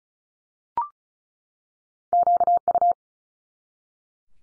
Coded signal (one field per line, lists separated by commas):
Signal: Morse code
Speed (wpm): 36 wpm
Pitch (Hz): 700 Hz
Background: none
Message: QU